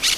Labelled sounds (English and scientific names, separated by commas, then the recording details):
Brown-throated Parakeet (Eupsittula pertinax) contact call
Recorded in Venezuela